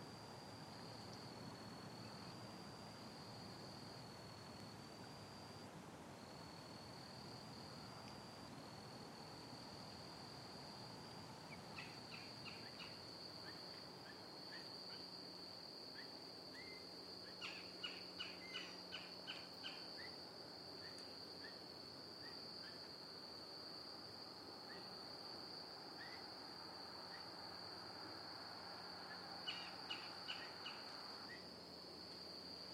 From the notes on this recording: J N Ding Darling National Wildlife Refuge on Sanibel Island, Florida